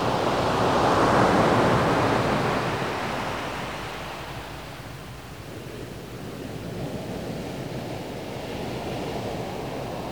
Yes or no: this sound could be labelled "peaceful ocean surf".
yes